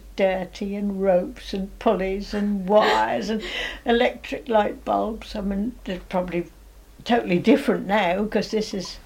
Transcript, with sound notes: It was dirty, and ropes and pulleys and wires and-- [laughs] Electric light bulbs. I mean, probably totally different now, 'cause this is,